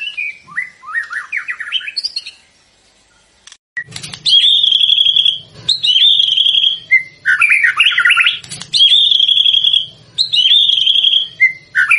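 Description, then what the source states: White-rumped shama song, varied whistled phrases, then after a brief pause sustained high ringing notes repeated several times over a low hum. Lure played to make the bird respond; singing energetically (gacor).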